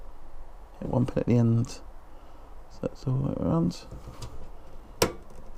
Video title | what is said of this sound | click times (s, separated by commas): Gigabyte GA-H97N-WIFI Socket 1150 HDMI DisplayPort 8 Channel Audio mITX Motherboard | and it clicks into place. | 5.0 s